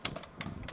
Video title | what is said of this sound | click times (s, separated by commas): Plant Based Ice Cream in Your Ninja Creami - Vegan & Whole Food Plant Based Recipes! | and you can hear it click i don't know if you could hear that click yeah now it's ready to go okay good | 0.0 s